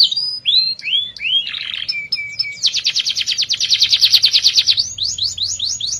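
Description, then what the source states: Canary song opening with a series of rising whistled notes and short chips, then a loud rapid trill that changes into quick upward-sweeping repeated notes. F1 canary; therapy recording intended for a canary that has stopped singing.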